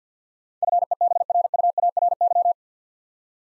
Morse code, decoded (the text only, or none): FEBRUARY